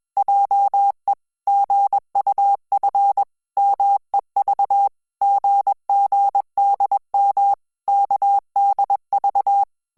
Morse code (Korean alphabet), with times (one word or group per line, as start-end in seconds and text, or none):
0.2-1.1 하
1.5-3.2 신
3.6-4.9 말
5.2-7.5 씀
7.9-9.6 을